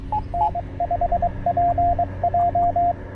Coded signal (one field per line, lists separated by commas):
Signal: Morse code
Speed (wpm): 20 wpm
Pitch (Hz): 700 Hz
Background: radio noise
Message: N5PJ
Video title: Penntek TR-45L Skinny: QRP POTA from Great Seal State Park!